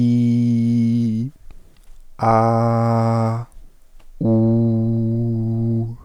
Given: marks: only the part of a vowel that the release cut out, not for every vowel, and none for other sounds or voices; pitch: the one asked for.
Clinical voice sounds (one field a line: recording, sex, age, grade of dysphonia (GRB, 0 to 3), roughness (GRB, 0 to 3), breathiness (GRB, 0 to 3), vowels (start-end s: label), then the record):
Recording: sustained vowels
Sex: male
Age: 20 to 29 years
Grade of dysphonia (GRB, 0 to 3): 0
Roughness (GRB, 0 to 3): 0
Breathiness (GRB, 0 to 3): 0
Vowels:
0.00-1.03 s: vowel /i/, normal pitch
2.44-3.26 s: vowel /a/, normal pitch
4.39-5.60 s: vowel /u/, normal pitch
From the record:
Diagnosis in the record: healthy voice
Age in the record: 27 years